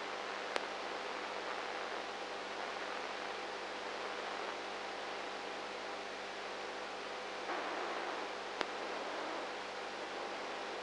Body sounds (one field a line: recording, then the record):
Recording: brain microelectrode recording played as sound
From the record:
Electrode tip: inside the subthalamic nucleus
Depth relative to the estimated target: -4 mm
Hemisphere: right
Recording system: NeuroSet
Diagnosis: Parkinson's disease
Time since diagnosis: 19 years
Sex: female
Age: 58 years